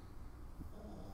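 Low, rough rumbling runs through the whole second, with a single louder snort-like catch midway. A small dog of about ten pounds is snoring loudly in its sleep, heard faintly against steady room noise.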